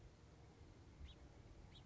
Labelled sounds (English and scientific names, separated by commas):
House Finch (Haemorhous mexicanus)